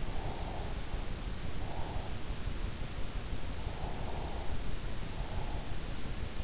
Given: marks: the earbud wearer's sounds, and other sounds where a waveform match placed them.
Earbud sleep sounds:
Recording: sounds in sleep by an in-ear microphone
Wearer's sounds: breath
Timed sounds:
0.29-2.14 s: breath
3.84-5.62 s: breath

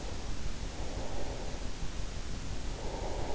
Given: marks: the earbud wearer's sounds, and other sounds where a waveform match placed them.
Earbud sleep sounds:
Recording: sounds in sleep by an in-ear microphone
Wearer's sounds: breath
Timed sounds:
0.48-3.26 s: breath

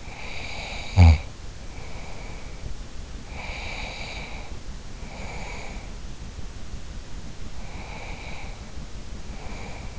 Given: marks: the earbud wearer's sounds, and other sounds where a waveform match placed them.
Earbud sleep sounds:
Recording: sounds in sleep by an in-ear microphone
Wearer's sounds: snoring breath, breath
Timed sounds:
0.00-2.72 s: snoring breath
3.29-5.91 s: breath
7.57-9.99 s: breath

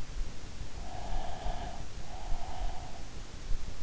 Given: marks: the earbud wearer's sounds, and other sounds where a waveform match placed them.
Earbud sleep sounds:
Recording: sounds in sleep by an in-ear microphone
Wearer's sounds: breath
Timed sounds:
0.76-3.28 s: breath

